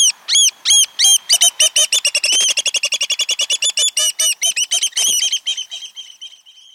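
Black oystercatcher giving loud, sharp whistled piping notes, first spaced, then quickening into a rapid chattering run that fades toward the end.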